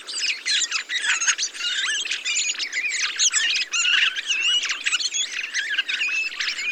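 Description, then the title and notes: Thrushes in a lively chorus, many birds overlapping with high chattering, squeaks and occasional clearer whistled notes throughout. Large mixed flock of mistle thrushes, song thrushes, redwings, fieldfares and some blackbirds feeding on abundant berries, singing; blue sky; Montagne du Puy, Drôme; 22 November 2020; Nagra Seven, Telinga Pro7 parabola. "POT-POURRI DE GRIVES. 22 novembre 2020-Montagne du Puy - Drôme. Grives draine, musicienne, mauvis et litorne plus quelques merles"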